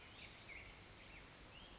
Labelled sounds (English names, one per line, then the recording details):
Black-headed Grosbeak
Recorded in Sonoma County, California